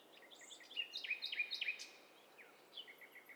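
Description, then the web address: Birds in a tangled chorus: overlapping whistled and slurred notes building to a busy cluster, then thinning to softer scattered chirps near the end. Overlapping mix of several birds singing together, recorded in stereo. "Hi Fi STEREO BIRD COCKTAIL PARTY Challenge SBCP TESTSET HDBird Cocktail Party"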